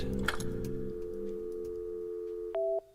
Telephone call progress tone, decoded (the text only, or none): dial tone